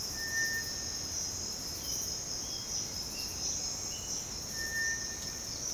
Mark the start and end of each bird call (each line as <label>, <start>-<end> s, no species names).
bird call, 0.04-1.11 s
bird call, 1.70-5.58 s